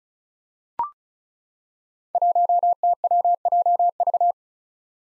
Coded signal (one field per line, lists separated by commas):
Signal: Morse code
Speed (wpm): 36 wpm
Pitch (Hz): 700 Hz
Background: none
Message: 1TWJV